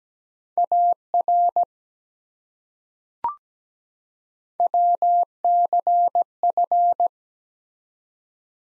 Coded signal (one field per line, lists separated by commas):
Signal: Morse code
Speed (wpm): 17 wpm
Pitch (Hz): 700 Hz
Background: none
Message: AR WCF